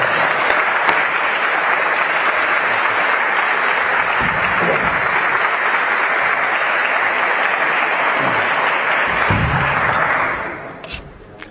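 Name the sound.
audience applause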